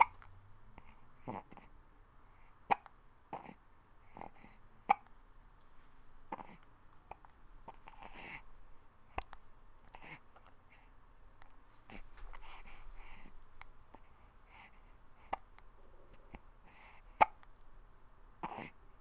Hiccup Baby.